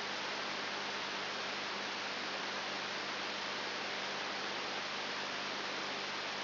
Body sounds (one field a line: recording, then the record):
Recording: brain microelectrode recording played as sound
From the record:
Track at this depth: outside the subthalamic nucleus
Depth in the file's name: 6.3 mm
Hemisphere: left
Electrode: 3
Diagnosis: Parkinson's disease